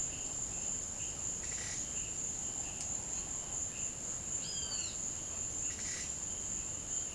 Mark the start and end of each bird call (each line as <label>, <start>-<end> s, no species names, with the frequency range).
bird call (0.9-7.3 kHz), 1.44-1.82 s
bird call (2.0-6.3 kHz), 4.43-4.98 s
bird call (1.7-7.5 kHz), 5.77-6.21 s